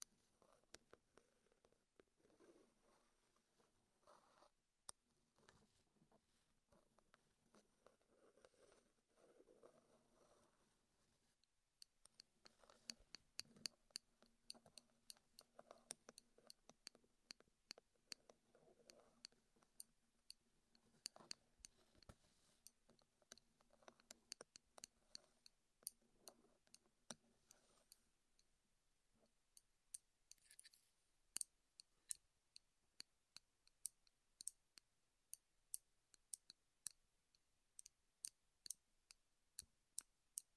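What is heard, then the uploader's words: Wood triggers: sharp, dry taps and clicks, scattered for the first ten seconds, then coming in fast, dense bursts from about 12 to 28 seconds before thinning out again. A soft low hum and faint murmuring sit underneath until near the end. Wood Triggers in Your Ears.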